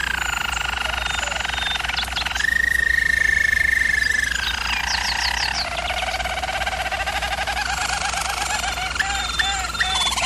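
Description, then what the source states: German Roller canary song of unbroken rolling trills, a smooth held tour in the middle, then lower bubbling rolls to the end, over a low hum. German Roller canary song for training canaries.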